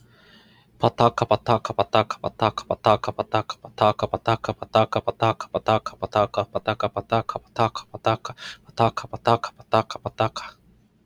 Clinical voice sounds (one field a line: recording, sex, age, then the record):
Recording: repeated syllables /pa ta ka/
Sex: male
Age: 30 to 39 years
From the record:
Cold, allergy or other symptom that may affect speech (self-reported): no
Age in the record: 32 years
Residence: Utah, United States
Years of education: 12